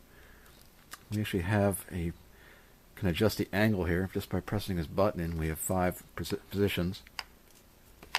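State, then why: Seated. Someone talks while pressing the button on the working head of a Makita LXRU02Z LXT lithium-ion cordless string trimmer and pivoting the head to a new angle. At 8.2 s a sharp click sounds as the head-angle detent on the shaft locks into one of its five positions, seating it in place.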